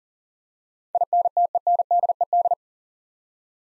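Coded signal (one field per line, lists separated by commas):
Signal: Morse code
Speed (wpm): 38 wpm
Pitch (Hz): 700 Hz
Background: none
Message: INTENDED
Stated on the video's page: Morse code practice of eight-letter words for head copy at 40 wpm.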